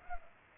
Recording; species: mosquito wingbeat signal from an infrared sensor; Culex pipiens